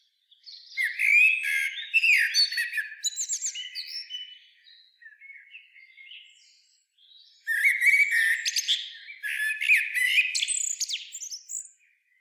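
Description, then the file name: Common blackbird song in two long bouts of loud fluty and squeaky twittering phrases, separated by a stretch of soft, quiet warbling. "Turdus merula"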